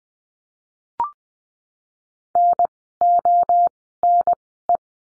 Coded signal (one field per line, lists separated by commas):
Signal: Morse code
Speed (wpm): 20 wpm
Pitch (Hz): 700 Hz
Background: none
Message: NONE